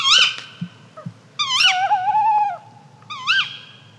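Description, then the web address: Bird calls: sharp, high, rising harmonic notes in three bursts, with one longer, lower, wavering wail between them and a few soft clicks. "fagelljud PVU 22 kaugg"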